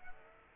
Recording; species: mosquito wingbeat signal from an infrared sensor; Aedes aegypti